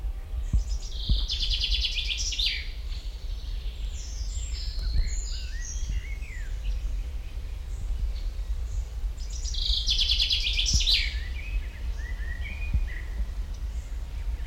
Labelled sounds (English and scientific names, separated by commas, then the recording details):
Common Chaffinch (Fringilla coelebs)
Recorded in the wild
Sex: male
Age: adult
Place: Botanische Anlage Blankenfelde, Berlin, DE
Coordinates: 52.603, 13.4
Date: 1993-05-30 11:20
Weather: heiter, 18-21°C
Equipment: Marantz CP 430, Sennheiser ME 80, Kopie Uher Variocord 263
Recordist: Tembrock, Günter
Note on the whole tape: Gesang (längere Strecke, sehr gut), 1 Variante mit Rülscher, auch Abbrüche